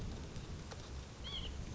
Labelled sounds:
White-breasted Nuthatch
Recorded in Sonoma County, California

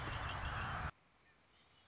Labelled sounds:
Red-winged Blackbird
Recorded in Sonoma County, California

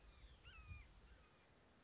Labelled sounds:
Red-shouldered Hawk
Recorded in Sonoma County, California

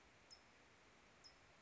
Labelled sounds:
California Towhee
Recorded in Sonoma County, California

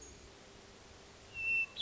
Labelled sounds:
Hermit Thrush
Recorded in Sonoma County, California

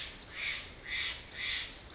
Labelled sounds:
Steller's Jay
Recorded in Sonoma County, California

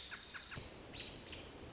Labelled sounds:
American Robin
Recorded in Sonoma County, California

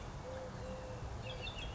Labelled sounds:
Eurasian Collared Dove
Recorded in Sonoma County, California

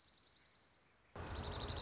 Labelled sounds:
Dark-eyed Junco
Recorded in Sonoma County, California

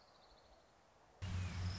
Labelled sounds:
Orange-crowned Warbler
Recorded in Sonoma County, California

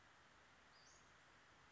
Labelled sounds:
Western Flycatcher
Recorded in Sonoma County, California

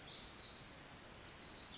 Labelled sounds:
Pacific Wren
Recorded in Sonoma County, California

